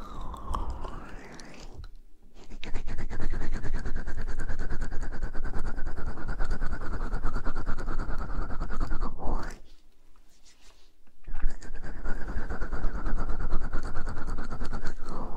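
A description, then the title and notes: Ear blowing in long, steady rushing breaths, broken by brief quiet pauses near two and ten seconds, each gust rising and falling in pitch. ASMR Ear blowing.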